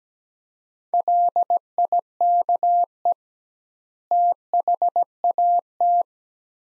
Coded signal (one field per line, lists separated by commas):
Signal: Morse code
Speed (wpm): 17 wpm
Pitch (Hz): 700 Hz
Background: none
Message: LIKE THAT